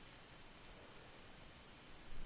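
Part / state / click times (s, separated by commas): replacement battery cover onto smartphone back / not seated / none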